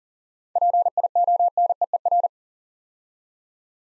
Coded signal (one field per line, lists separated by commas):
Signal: Morse code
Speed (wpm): 39 wpm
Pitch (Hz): 700 Hz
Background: none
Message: PIONEER